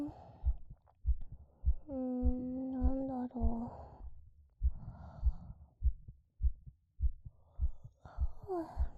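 Close-up heartbeat of a relaxed adult: a normal, steady beat at about 100 per minute, with soft breathing sighs and a brief voiced hum partway through.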